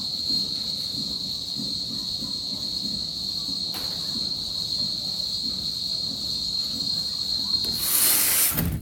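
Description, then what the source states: Cicadas singing, a loud steady high buzzing drone without pause, with a brief burst of hiss near the end. Cicadas heard through an open window in Cali, Colombia, at season change from very dry to rainy; they sing very loudly at midday at this time of year.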